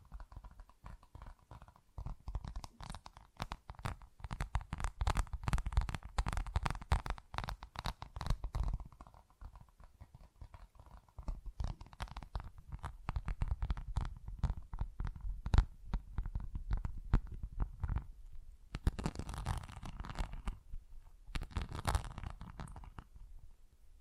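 Tapping and scratching on textured surfaces, a dense run of quick, crisp taps and scrapes with a low, thumpy undertone. The activity is busiest early, thins briefly around ten seconds, then resumes, with bursts of brighter, rougher scratching near nineteen and twenty-two seconds.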